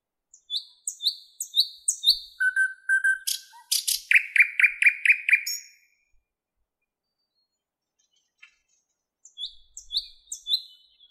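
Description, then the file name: Nightingale song: high repeated whistled notes, a low pure whistle, then a loud run of rapid buzzy rattling notes; a pause before more high whistles resume. "Penie Solovja"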